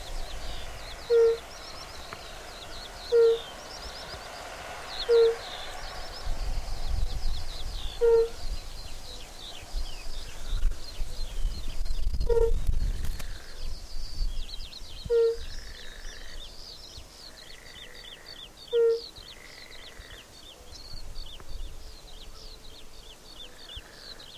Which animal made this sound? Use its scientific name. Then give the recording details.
Bombina bombina. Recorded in the wild. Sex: male. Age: adult. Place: Falkenberger Rieselfelder, Barnim, Berlin, DE. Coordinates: 52.5839, 13.5542. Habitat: lake. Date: 1991-06-25 18:48. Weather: Luft: 18,9°C, Wasser: 22,2°C. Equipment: Uher 4000 Report Monitor, Sennheiser ME 80, K 30 AV, Original. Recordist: Frommolt, Karl-Heinz. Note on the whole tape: Rufe von zwei Tieren im Südbecken